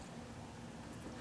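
A wiring harness connector is handled near a power window regulator motor, about to be plugged back in so the motor has power for a Honda power window repair. Only a low, steady rustle of handling is heard across the 1.3 seconds, with no sharp sounds. Nothing has seated or clicked yet.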